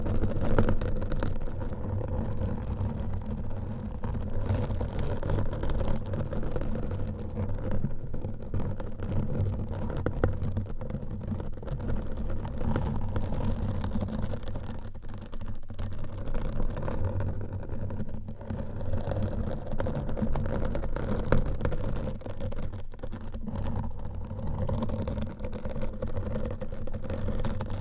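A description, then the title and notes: Dense, steady scratching on a microphone with a low rumbling drone underneath and brief bright rasps recurring every few seconds throughout. Mic Scratching - Brain Scratching with Different Nail Shapes.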